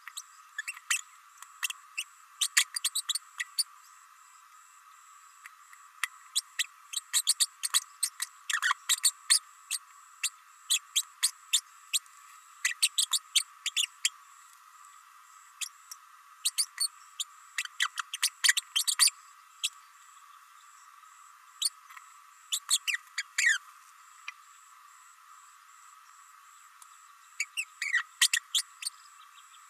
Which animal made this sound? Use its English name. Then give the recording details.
Green-rumped Parrotlet. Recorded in a nest box in Venezuela. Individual 18B104A5